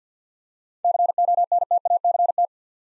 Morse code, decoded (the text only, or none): CONTACT